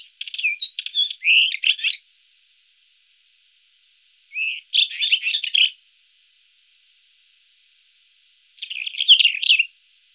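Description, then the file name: White-crowned wheatear singing three separate short phrases of jumbled, scratchy twittering notes, with silent gaps of two to three seconds between them. "Traquet t te blanche oenanthe leucopyga - White crowned black wheather"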